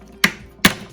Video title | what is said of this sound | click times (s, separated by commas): Häfele Axilo™ 78 Plinth Adjusting System - Installation | push down and that's locked in position now you'll notice there's a series of drill holes in there | 0.2 s, 0.7 s